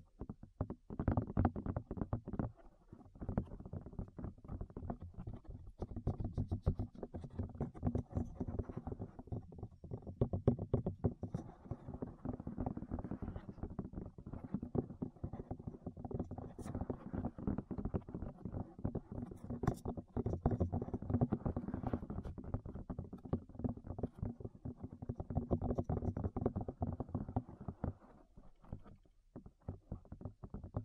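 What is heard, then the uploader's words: Rapid, muffled tapping on the ears keeps up a dense, low, thumping rustle throughout, pausing briefly near the start and again near the end. ASMR Tap Your Ears 3Dio (No Talking).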